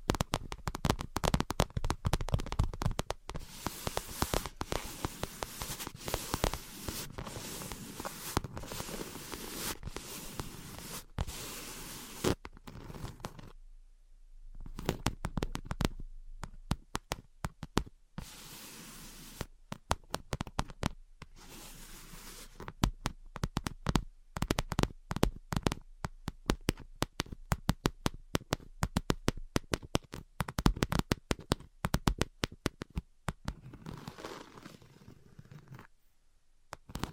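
Quick bursts of tapping and scratching fill the clip: dense, hurried clicks for the first twelve seconds, then scattered sharp taps separated by brief silences. A faint low hum sits underneath, and the taps grow sparser and quieter toward the end.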